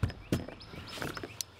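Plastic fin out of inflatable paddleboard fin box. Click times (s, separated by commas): 1.4 s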